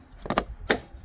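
During spark plug reassembly on a 2020 Infiniti QX50, a plastic engine bay cover piece is pressed back onto its mount. After a few faint ticks, sharp snaps sound at 0.4 s and 0.7 s, the second one the loudest. The part snaps into place and is seated.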